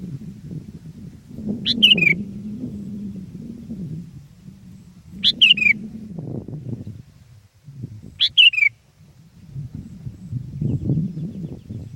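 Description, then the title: Sooty-headed bulbul song: three short bubbly phrases, bright then dropping, a few seconds apart over low rumbling noise. "kutilang"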